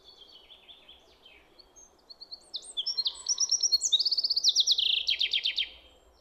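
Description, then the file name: Common chaffinch song: soft high notes, then from about two and a half seconds a loud series of descending trilled notes ending in a brisk flourish. "Fringilla coelebs"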